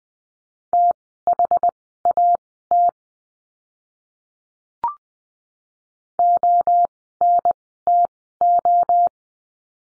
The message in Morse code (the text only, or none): THAT ONTO